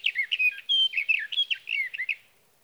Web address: birdsongforthecurious songs Sage Thrasher